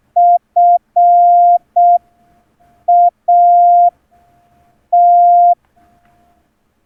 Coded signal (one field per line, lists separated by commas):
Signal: Morse code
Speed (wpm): 6 wpm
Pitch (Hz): 700 Hz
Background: none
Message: FAT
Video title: Morse key setup, Reading Concepts and Morse code sending techniques (Special Edition in Hindi)